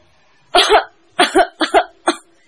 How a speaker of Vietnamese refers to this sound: Sao Triển hộ vệ lại ho khan như vậy? Không phải là bị phong hàn đó chứ?